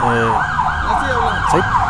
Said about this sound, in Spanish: Sí, eso que acaban de escuchar efectivamente era una ambulancia.